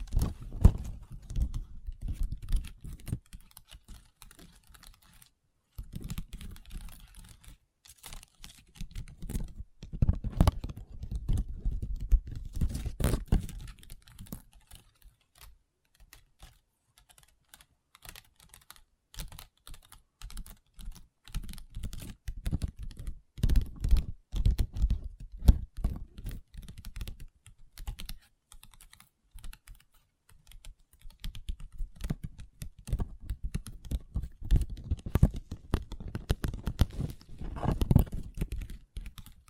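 Long nails tap and scratch on a table in rapid, uneven bursts of clicky, typing-like strikes. The taps have a low thump with brighter ticks on top, coming in dense runs of a few seconds separated by brief pauses, including a clear silence near five seconds.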